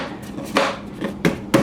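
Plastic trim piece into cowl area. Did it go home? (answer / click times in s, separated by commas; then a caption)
yes / 1.3 s, 1.5 s. A plastic cover piece is pushed into place in the cowl area of a 2012 E93 335i during a valve cover job. Softer knocks come at about 0.6 and 1.0 seconds, then two sharp snaps at 1.2 and 1.5 seconds as the piece seats.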